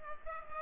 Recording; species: mosquito wingbeat signal from an infrared sensor; Culex pipiens